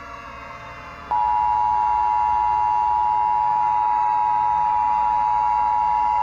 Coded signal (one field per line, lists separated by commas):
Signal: Emergency Alert System (SAME) tones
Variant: 853 and 960 Hz attention tone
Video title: EAS Scenario WWIII/ Contaminated Water